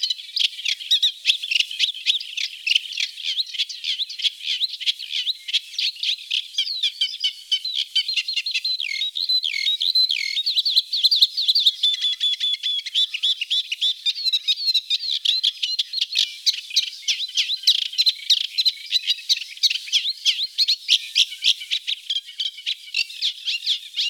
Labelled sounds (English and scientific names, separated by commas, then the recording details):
Eurasian Reed Warbler (Acrocephalus scirpaceus) song
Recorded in the wild
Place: Flögelner See, Schleswig-Holstein, DE
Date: 1987-05-23
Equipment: Alparon-Reflektor
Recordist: Schwarz, Dieter